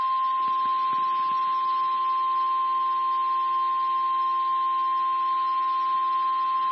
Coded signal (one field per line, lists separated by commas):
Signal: Emergency Alert System (SAME) tones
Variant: 1050 Hz attention tone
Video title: 1/10/23 Tornado Warning On KEC57 EAS#305